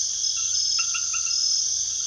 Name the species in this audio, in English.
none